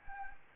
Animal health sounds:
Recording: mosquito wingbeat signal from an infrared sensor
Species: Anopheles gambiae

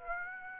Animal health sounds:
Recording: mosquito wingbeat signal from an infrared sensor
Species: Aedes aegypti

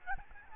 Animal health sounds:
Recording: mosquito wingbeat signal from an infrared sensor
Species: Aedes albopictus

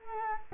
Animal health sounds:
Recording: mosquito wingbeat signal from an infrared sensor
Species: Culex quinquefasciatus

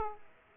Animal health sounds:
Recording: mosquito wingbeat signal from an infrared sensor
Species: Aedes aegypti

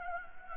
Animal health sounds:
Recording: mosquito wingbeat signal from an infrared sensor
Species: Anopheles gambiae

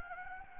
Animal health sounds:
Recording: mosquito wingbeat signal from an infrared sensor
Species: Anopheles gambiae

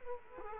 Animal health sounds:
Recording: mosquito wingbeat signal from an infrared sensor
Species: Culex quinquefasciatus

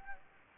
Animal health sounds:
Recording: mosquito wingbeat signal from an infrared sensor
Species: Anopheles gambiae

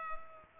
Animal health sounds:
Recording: mosquito wingbeat signal from an infrared sensor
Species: Culex pipiens

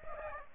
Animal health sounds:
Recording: mosquito wingbeat signal from an infrared sensor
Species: Aedes aegypti

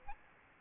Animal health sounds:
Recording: mosquito wingbeat signal from an infrared sensor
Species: Aedes albopictus

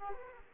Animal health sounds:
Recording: mosquito wingbeat signal from an infrared sensor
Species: Aedes aegypti

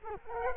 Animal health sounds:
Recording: mosquito wingbeat signal from an infrared sensor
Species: Culex quinquefasciatus

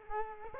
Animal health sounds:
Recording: mosquito wingbeat signal from an infrared sensor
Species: Culex quinquefasciatus

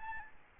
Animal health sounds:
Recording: mosquito wingbeat signal from an infrared sensor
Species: Aedes albopictus

